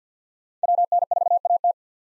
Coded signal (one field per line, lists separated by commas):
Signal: Morse code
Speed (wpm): 50 wpm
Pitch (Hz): 700 Hz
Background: none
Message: WN4AT